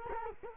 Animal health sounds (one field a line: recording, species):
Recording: mosquito wingbeat signal from an infrared sensor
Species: Culex quinquefasciatus